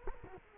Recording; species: mosquito wingbeat signal from an infrared sensor; Culex quinquefasciatus